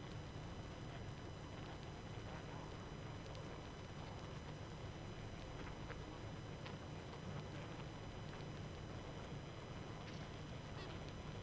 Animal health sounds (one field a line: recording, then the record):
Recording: honeybee colony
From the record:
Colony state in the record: active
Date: 12 June 2018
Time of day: 23:31